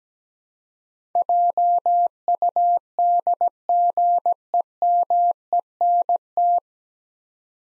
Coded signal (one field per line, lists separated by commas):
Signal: Morse code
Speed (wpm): 17 wpm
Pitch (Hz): 700 Hz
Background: none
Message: JUDGEMENT